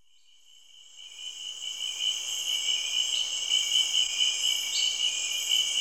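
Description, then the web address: Insects in a dense, high-pitched chorus of continuous shrill trills that fade in after a second and hold steady, with faint pulsing chirps layered on top. Rainforest, Cameroon, early evening. "Sound Effects Library (Africa- The Natural World) Cameroun- Insects Frogs, early evening, rainforest"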